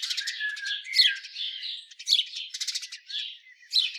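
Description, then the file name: House sparrow chirps and harsh squawks in a dense, uneven stream, broken by a few quick rattling bursts. "Passer domesticus"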